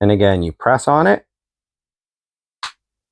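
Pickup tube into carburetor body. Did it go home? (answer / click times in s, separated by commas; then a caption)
yes / 2.6 s. Someone talks, then a carburetor pickup tube is pressed into its hole in the carburetor body. A single short, sharp click sounds at 2.6 s, signaling that the tube has seated in place.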